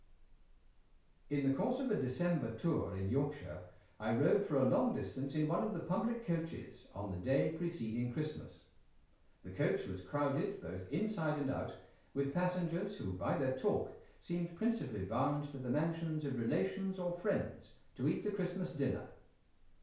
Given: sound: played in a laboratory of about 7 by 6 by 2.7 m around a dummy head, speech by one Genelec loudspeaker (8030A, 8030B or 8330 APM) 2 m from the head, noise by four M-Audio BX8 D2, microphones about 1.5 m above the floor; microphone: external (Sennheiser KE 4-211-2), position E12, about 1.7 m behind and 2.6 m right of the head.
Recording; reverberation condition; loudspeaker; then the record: male speech in English; medium; 90 degrees to the right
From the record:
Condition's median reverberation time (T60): about 510 ms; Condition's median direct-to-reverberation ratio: about -0.5 dB